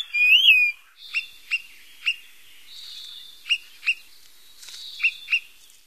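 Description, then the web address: Greater pewee giving sharp, high pip notes, singly and in pairs, after an opening loud whistled sound. "Songs of Birds of North America Stokes. Greater Pewee"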